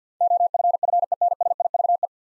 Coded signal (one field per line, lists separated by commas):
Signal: Morse code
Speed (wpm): 50 wpm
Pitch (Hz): 700 Hz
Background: none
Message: OFFENSIVE